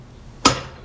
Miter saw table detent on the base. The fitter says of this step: locked in on 15